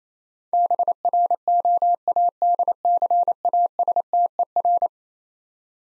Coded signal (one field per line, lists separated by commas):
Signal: Morse code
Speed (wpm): 28 wpm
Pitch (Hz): 700 Hz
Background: none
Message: BROADCASTER